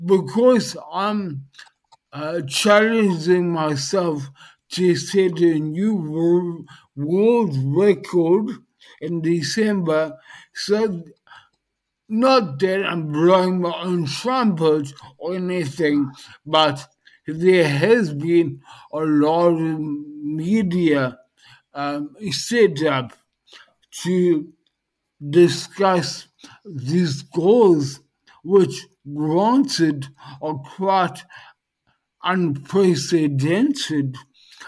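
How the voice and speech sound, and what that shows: A man talks slowly in short phrases broken by frequent long pauses, with drawn-out vowels, nasal-sounding speech and some blurred consonants, though his words stay mostly understandable. This is dysarthria after a stroke, a brainstem haemorrhage, a motor speech disorder that affects control of the speech muscles.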